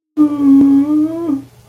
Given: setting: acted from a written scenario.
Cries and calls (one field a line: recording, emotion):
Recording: vocal sound without words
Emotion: sadness